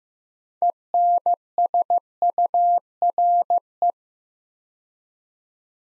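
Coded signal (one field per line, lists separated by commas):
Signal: Morse code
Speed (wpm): 15 wpm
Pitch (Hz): 700 Hz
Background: none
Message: ENSURE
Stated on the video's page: Practice drill of 6-letter words at 15 wpm; first letters spoken, word sent in Morse, spoken, then sent again.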